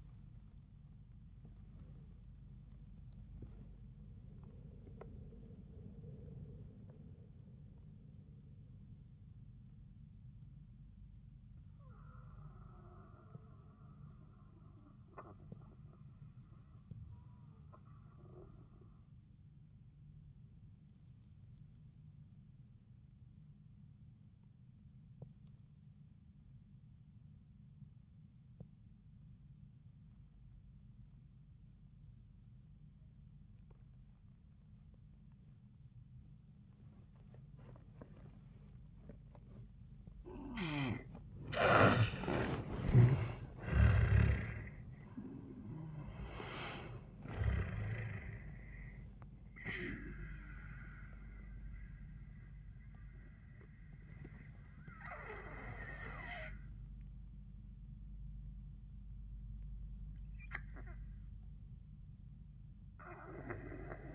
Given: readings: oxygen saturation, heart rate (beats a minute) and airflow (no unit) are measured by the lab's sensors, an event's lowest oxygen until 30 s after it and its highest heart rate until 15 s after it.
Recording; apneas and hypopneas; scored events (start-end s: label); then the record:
breathing in sleep by a smartphone at the bedside; 1
4.00-41.50 s: obstructive apnea (N1, oxygen 97% highest, then 86% lowest, heart rate 72 at the start, 88 highest)
From the record:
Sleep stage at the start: N1 (lightest sleep); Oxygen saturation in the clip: 82 to 97%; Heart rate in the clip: 70 to 91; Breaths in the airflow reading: 3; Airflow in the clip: -24.9 to 14.6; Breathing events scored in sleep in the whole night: 400 in 8.7 hours asleep